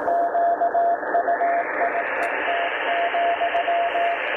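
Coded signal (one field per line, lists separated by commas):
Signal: Morse code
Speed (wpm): 18 wpm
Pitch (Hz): 690 Hz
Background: radio noise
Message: QUIET,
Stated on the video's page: CW received on an Icom IC-R75 receiver using a 500 Hz CW filter to improve copyability.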